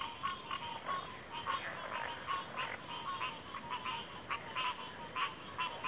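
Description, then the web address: Softer cricket chorus, a steady high-pitched drone with faint, irregular pulsed chirps scattered through it. Cricket chorus recorded at a backwater. "Natures Songs Sleep Sounds of Nature CRICKETS Backwater Chorus"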